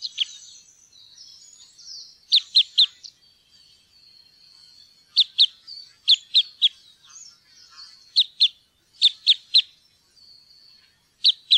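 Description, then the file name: Red crossbill calls, clipped metallic kip notes in bursts of two to four, separated by pauses of one to two or more seconds, over faint high tones. "grankorsnebb"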